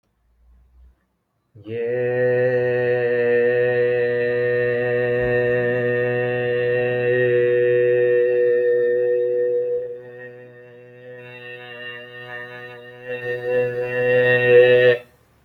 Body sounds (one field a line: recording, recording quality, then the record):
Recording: sustained vowel as in made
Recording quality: excellent, no background noise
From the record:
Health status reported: healthy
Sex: male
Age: 20 years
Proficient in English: yes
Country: India